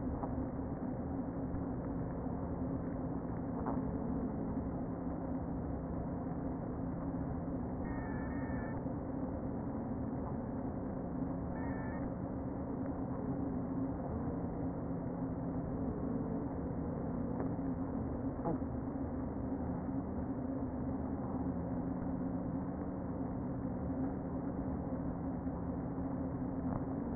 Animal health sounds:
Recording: honeybee colony, microphone inside the hive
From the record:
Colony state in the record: queen present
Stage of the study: before two queens were removed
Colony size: about 60,000 bees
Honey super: yes

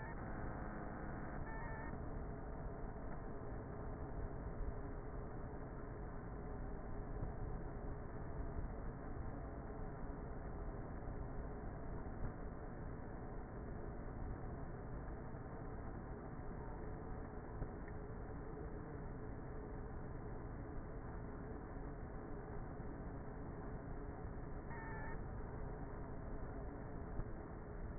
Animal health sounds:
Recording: honeybee colony, microphone inside the hive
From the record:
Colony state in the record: queenless with a low population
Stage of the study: before two queens were removed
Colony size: about 30,000 bees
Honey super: no

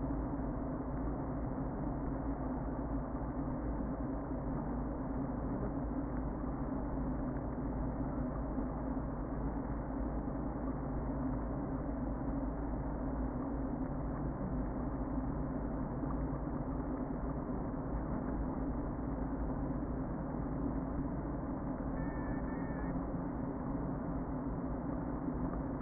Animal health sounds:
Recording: honeybee colony, microphone inside the hive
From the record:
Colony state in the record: queen present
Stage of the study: before two queens were removed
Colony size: about 60,000 bees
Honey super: yes

